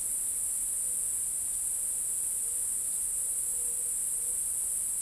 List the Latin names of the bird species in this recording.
none